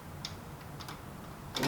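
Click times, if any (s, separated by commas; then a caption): 1.6 s. A technician plugs the connector on the left-hand side of the drum/developing unit into its socket on a Kyocera 3501i/5501i copier. A few small ticks come at about 0.3 s and 0.8 s over a low background hum, ending in a sharp click at 1.6 s. The connector clicks in and is seated.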